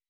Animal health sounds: hydrophone in a shrimp aquaculture tank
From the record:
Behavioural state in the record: weakened

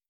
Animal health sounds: hydrophone in a shrimp aquaculture tank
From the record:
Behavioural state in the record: starved

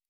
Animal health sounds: hydrophone in a shrimp aquaculture tank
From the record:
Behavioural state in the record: normal

